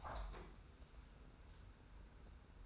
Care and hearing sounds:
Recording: daily activity, microphone in the room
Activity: open window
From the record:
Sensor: 2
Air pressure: 990.3 hPa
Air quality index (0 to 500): 198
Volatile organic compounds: 1000 ppm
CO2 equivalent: 6317 ppm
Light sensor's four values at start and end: 24/56/23/23 and 24/56/22/22

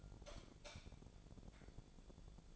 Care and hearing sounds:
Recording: daily activity, microphone in the room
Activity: light off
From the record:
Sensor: 5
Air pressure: 1000.1 hPa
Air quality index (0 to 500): 105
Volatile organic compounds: 1 ppm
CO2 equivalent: 846 ppm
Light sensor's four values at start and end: 197/468/200/220 and 195/462/197/218

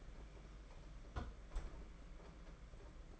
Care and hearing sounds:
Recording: daily activity, microphone in the room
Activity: close fridge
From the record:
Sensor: 5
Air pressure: 992.0 hPa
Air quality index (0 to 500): 200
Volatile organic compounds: 1000 ppm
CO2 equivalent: 5765 ppm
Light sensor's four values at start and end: 29/98/37/39 and 29/99/37/39

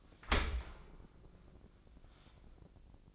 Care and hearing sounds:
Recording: daily activity, microphone in the room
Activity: open dishwasher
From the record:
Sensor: 5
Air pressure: 1012.4 hPa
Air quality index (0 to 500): 158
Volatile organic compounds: 2 ppm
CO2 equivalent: 1074 ppm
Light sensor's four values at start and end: 107/258/109/121 and 108/259/109/121

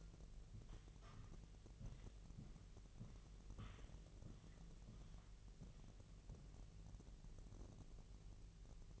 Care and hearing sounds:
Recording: daily activity, microphone in the room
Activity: walk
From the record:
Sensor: 4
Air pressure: 1003.0 hPa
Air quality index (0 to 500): 246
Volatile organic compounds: 26 ppm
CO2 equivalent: 2858 ppm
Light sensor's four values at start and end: 8/17/7/7 and 8/17/7/7

